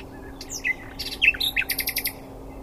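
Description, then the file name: Common nightingale song: a few varied whistled notes building into a quick run of repeated loud chirps. "Luscinia megarhynchos"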